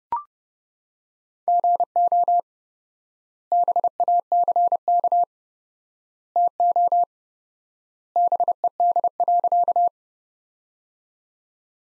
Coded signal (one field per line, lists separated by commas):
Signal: Morse code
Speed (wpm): 30 wpm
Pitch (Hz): 700 Hz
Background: none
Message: GO BACK TO BED.